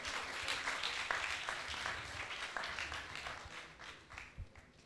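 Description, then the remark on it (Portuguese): Applause from an audience for a poet: a dense patter of many hands clapping steadily for several seconds, fading slightly toward the end with no voices over it. “Por favor, palmas para o poeta.”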